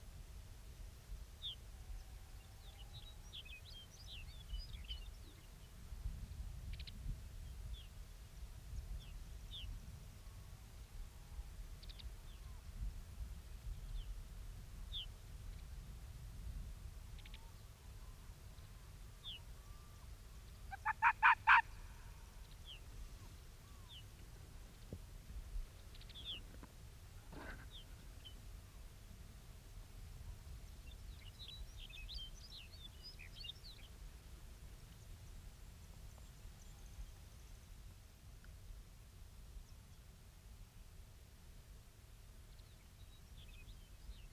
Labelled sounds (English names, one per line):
Arctic Fox